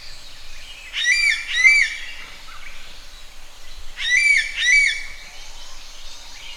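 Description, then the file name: Common green magpie calling in paired clear, ringing notes, two pairs about three seconds apart, over a quiet background. "suara burung ekek layongan atau cissa chinensis"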